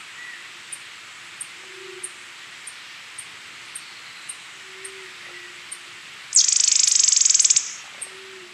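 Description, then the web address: Cinnamon flycatcher: a fast, dry rattle lasting over a second, with a series of short high ticks and a soft low hum. Recorded in Ecuador. "Birds of Ecuador. Cinnamon Flycatcher"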